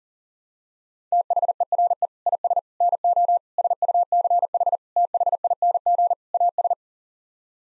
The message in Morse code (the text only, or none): THERE IS NO SUCH THING AS